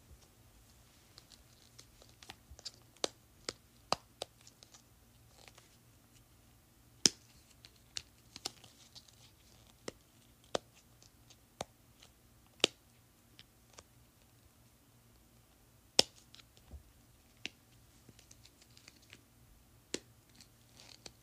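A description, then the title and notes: Sharp, dry pops from a silicone pop-it toy snap out irregularly, a few per second, over a low hum. ASMR Popping Pop-It.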